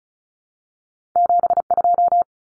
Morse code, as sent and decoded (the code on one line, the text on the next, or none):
--... ..---
72